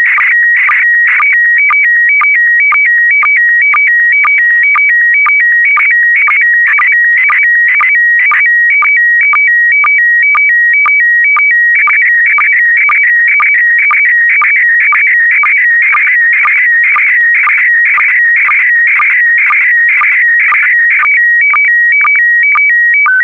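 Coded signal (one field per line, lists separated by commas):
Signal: SSTV (slow-scan television)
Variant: PD120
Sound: warbling high tone alternating between two pitches, with short low blips twice a second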